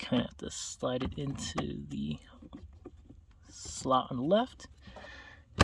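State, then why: Seated. Someone talks while a plastic cabin air filter housing cover is slid into its left slot in the filter housing behind the glove box of a 2018-2023 Hyundai Kona, 2018-2021 Tucson, 2020-2025 Venue or 2019-2021 Veloster. Faint ticks sound at about 2.5 and 2.9 seconds, and the cover is then pushed in until it clicks sharply at 5.6 seconds, seated so that it is not loose.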